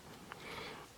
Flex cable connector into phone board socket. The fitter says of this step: then we're going to go ahead and reconnect this connector right here you can feel it click in